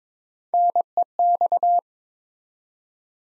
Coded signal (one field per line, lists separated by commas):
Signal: Morse code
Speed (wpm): 22 wpm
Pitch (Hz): 700 Hz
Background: none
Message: NEX